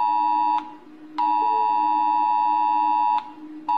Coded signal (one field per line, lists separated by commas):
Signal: Emergency Alert System (SAME) tones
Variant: 853 and 960 Hz attention tone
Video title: Rating EAS Alarms!